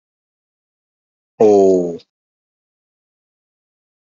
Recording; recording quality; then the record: sustained vowel as in boot; excellent, no background noise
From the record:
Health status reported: COVID-19 positive, mild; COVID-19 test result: positive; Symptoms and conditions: cough, fatigue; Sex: male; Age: 35 years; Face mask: not worn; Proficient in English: yes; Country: India